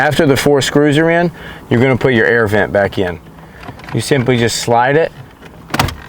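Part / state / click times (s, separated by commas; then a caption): plastic air vent into the dashboard / seated / 5.7 s, 5.8 s. A right-side plastic air vent on a 2014–2018 Toyota RAV4 is slid back into its dashboard opening after the four radio screws are in, while someone talks. The vent snaps into place with sharp clicks at 5.7 and 5.8 seconds, fully seated.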